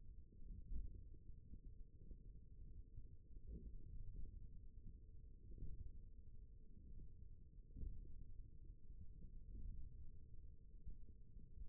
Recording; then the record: forearm muscle sounds (acoustic myography)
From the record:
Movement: index flexion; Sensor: system 1, eight BSWA MPA416 microphones around the upper forearm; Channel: 4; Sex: male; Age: 28 years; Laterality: right